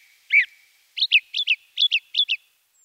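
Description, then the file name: Song thrush song: a single note followed by four repeated paired notes, crisp and high, delivered in quick succession. "Singdrossel"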